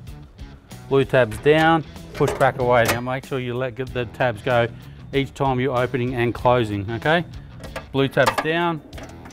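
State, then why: Not seated. Someone talks throughout while handling the slide-out drawer in the exterior compartment of an MDC XT17T offroad caravan, pushing its blue tab down to work the drawer lock, with a few faint short knocks in the first 0.8 seconds. The drawer has not locked into place yet; nothing has seated or clicked.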